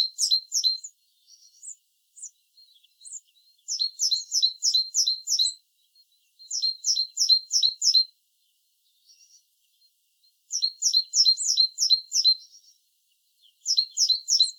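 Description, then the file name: Great tit song: repeated bursts of sharp, ringing double notes in quick succession, broken by short pauses and a few soft isolated chips. "Parus major"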